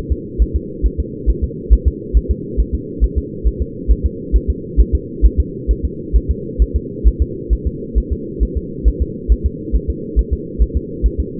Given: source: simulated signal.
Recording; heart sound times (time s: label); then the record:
fetal heart sounds
0.12 s: S2
0.42 s: S1
0.56 s: S2
0.86 s: S1
1.00 s: S2
1.30 s: S1
1.44 s: S2
1.73 s: S1
1.88 s: S2
2.17 s: S1
2.31 s: S2
2.60 s: S1
2.75 s: S2
3.04 s: S1
3.18 s: S2
3.48 s: S1
3.62 s: S2
3.91 s: S1
4.06 s: S2
4.36 s: S1
4.50 s: S2
4.81 s: S1
4.95 s: S2
5.26 s: S1
5.40 s: S2
5.71 s: S1
5.85 s: S2
6.16 s: S1
6.31 s: S2
6.62 s: S1
6.76 s: S2
7.08 s: S1
7.22 s: S2
7.53 s: S1
7.67 s: S2
7.98 s: S1
8.12 s: S2
8.43 s: S1
8.57 s: S2
8.88 s: S1
9.02 s: S2
9.32 s: S1
9.46 s: S2
9.76 s: S1
9.90 s: S2
10.19 s: S1
10.33 s: S2
10.62 s: S1
10.77 s: S2
11.06 s: S1
11.20 s: S2
From the record:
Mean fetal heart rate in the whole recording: 135 bpm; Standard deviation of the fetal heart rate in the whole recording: 3 bpm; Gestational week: 34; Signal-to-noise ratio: -4.1 dB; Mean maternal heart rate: no maternal heart sound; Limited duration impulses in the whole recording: absent